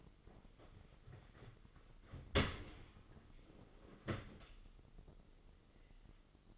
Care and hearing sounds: daily activity, microphone in the room; open dishwasher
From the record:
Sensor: 4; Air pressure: 996.5 hPa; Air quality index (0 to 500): 87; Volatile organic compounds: 4 ppm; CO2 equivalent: 1685 ppm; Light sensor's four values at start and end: 19/51/20/22 and 19/51/20/22

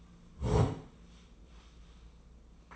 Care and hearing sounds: daily activity, microphone in the room; sit down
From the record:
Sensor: 1

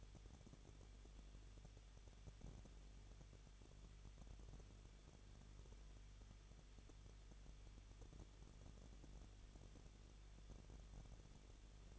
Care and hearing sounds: daily activity, microphone in the room; no activity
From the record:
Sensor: 4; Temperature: 23.0 degrees Celsius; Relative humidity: 34.3%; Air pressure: 1007.2 hPa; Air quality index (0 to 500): 217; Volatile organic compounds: 15 ppm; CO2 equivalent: 2513 ppm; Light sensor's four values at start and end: 2/3/1/1 and 2/3/1/1

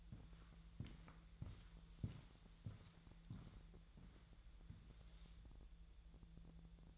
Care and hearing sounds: daily activity, microphone in the room; walk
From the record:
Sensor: 3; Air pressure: 1002.0 hPa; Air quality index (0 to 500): 240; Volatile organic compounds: 108 ppm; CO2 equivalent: 3803 ppm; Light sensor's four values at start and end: 8/20/8/9 and 8/19/8/8

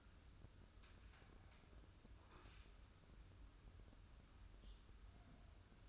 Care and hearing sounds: daily activity, microphone in the room; wipe stove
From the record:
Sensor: 2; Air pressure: 994.4 hPa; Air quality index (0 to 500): 214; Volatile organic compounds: 1000 ppm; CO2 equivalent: 7082 ppm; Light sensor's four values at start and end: 135/322/136/140 and 135/321/136/140

